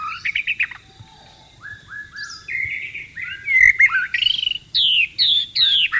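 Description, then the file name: White-rumped shama singing a varied, fluty song of slurred whistles, quick trills and loud downslurred notes, building in strength toward the end. Wild bird, in the wild. "suara burung murai batu di alam liar"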